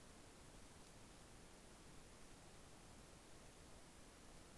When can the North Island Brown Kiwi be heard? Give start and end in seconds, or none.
none